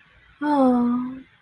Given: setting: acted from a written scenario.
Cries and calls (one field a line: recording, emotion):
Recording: vocal sound without words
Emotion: romantic love